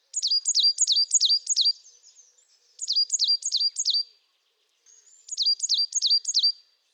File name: coal tit song